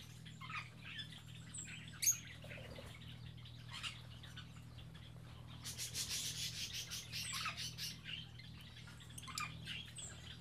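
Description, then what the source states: Birds chirping and tweeting in a loose chorus, short high notes scattered throughout, with a burst of dense rustling chatter midway over a steady low hum. Birds kept in an aviary on Spetses.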